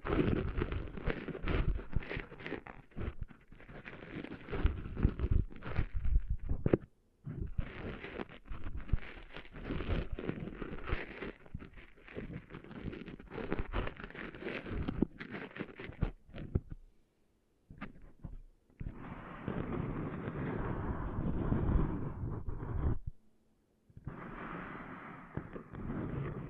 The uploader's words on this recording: ASMR Cleaning Sand Out of Your Ears (No Talking).